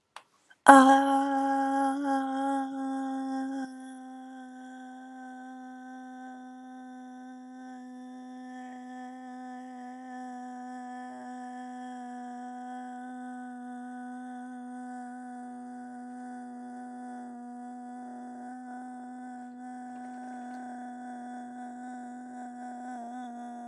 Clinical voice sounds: vowel held as long as possible; female; 20 to 29 years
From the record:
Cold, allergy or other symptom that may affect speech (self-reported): no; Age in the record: 28 years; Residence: Texas, United States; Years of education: 15

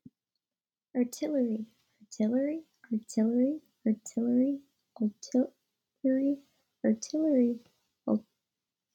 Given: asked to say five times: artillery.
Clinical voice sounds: repeated word; female; 20 to 29 years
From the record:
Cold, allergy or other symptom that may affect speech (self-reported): no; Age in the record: 20 years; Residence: Maryland, United States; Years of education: 14

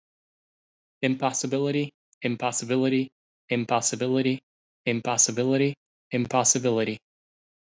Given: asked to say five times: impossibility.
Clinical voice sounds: repeated word; male; 30 to 39 years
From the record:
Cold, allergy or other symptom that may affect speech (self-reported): no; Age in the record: 30 years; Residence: Florida, United States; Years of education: 16

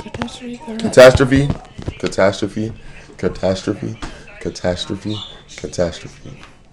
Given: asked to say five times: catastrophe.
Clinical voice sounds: repeated word; male; 30 to 39 years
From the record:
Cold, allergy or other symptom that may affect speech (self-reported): no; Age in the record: 32 years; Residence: Virginia, United States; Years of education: 12

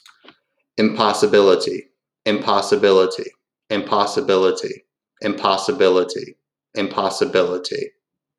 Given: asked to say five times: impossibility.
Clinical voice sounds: repeated word; male; 30 to 39 years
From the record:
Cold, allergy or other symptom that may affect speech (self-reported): no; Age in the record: 30 years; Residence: Texas, United States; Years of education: 16

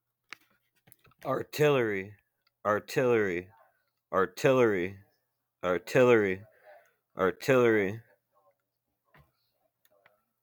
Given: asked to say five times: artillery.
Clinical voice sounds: repeated word; male; 20 to 29 years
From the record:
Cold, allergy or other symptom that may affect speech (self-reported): no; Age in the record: 28 years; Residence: Minnesota, United States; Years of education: 12

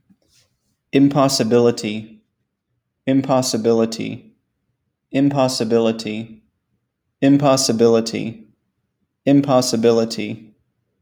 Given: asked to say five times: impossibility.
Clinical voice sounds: repeated word; male; 40 to 49 years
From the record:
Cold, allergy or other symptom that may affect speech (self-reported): no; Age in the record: 43 years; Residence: Alabama, United States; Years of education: 16

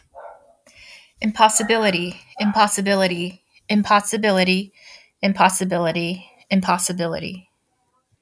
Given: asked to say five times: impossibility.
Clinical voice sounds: repeated word; female; 40 to 49 years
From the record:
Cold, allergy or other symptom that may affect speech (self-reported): no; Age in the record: 46 years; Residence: United States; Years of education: 16

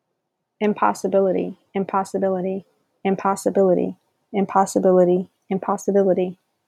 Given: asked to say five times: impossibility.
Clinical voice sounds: repeated word; female; 30 to 39 years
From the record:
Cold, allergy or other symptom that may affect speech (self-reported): no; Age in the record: 34 years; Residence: Georgia, United States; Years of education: 16

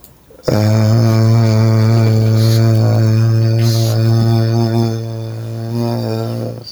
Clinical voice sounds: vowel held as long as possible; male; 50 to 59 years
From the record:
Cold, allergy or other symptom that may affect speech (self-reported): no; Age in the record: 56 years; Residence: Ohio, United States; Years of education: 13

